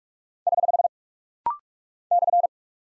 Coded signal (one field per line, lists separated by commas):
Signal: Morse code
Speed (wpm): 46 wpm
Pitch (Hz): 700 Hz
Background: none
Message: <HH> /